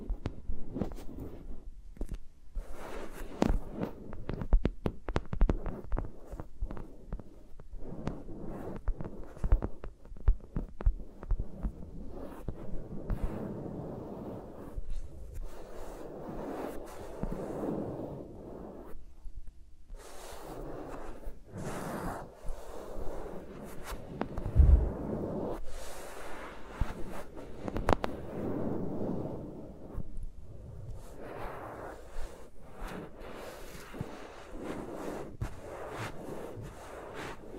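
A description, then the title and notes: Fingers move around microphones in close, dense tapping, rubbing and brushing, with thumping low knocks scattered throughout. The texture stays busy for the whole stretch, with brighter scratchy swipes coming and going, especially after twenty seconds, and a sharp thud near twenty-five seconds. ASMR with Mics Around My Fingers (No Talking).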